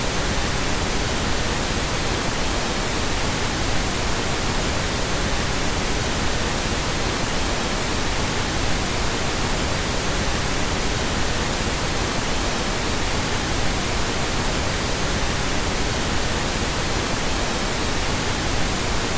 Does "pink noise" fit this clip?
yes